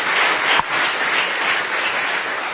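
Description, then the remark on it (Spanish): A crowd in New York claps steadily and loudly in praise of the Lord, a dense sustained wash of many hands applauding together without pause, with no voices standing out. “Denle un aplauso al Señor, denle la gloria a Dios.”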